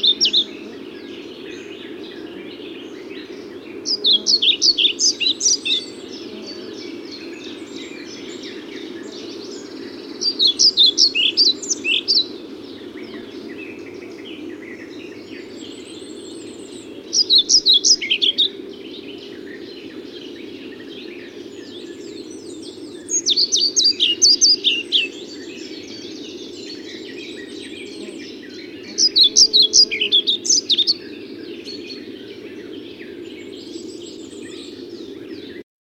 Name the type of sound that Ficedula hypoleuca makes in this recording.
song